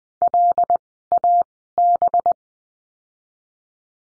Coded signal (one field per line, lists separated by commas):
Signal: Morse code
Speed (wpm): 20 wpm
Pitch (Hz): 700 Hz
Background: none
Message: LAB